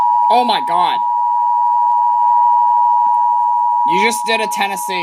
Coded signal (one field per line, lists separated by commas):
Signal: Emergency Alert System (SAME) tones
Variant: 853 and 960 Hz attention tone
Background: speech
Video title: EAS 319 ALASKA HIGH WIND WARNING